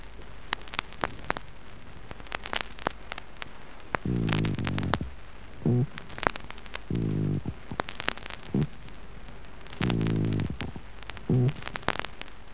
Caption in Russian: Грубый шум трения плевры.